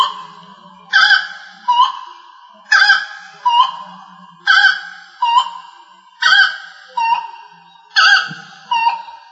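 Rail calls: harsh, nasal honking notes in pairs, a loud broad note followed by a shorter lower one, the pair repeated about every two seconds, with a faint low hum beneath.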